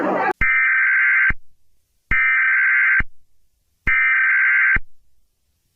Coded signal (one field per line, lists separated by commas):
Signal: Emergency Alert System (SAME) tones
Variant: header bursts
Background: speech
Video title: 1999 Moore Oklahoma F5 EAS Scenario